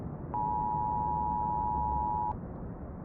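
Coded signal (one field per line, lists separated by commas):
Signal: Emergency Alert System (SAME) tones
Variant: 853 and 960 Hz attention tone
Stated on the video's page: Fictional analog-horror emergency broadcast, simulated alert.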